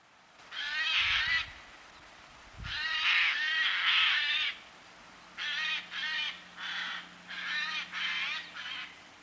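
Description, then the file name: Eurasian jay giving harsh, rasping screeches, first long drawn-out bursts, then a run of shorter screeches. "skovskade"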